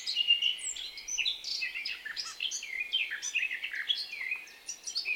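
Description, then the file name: Eurasian blackcap song in a short burst of rapid, varied scratchy warbling notes. "Sylvia atricapilla"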